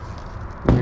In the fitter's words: it doesn't snap in it just kind of squeezes on